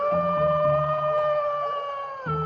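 A wolf howls as it walks through a forest, in one long, steady, mid-pitched wail that holds its tone for over two seconds, then dips slightly lower near the end. The howl is loud and rich, with no talking.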